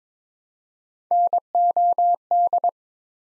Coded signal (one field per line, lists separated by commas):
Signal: Morse code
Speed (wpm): 23 wpm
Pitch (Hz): 700 Hz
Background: none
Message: NOD